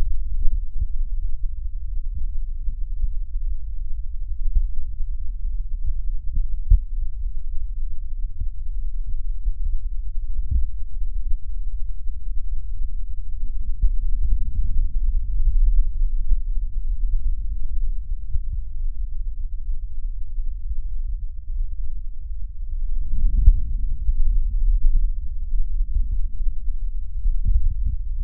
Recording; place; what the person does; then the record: lung sounds by stethoscope; right posterior apical chest; quiet breathing, then deep breathing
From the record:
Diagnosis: none (healthy); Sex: male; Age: 35 years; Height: 186 cm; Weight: 108 kg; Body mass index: 31.2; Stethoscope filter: bell mode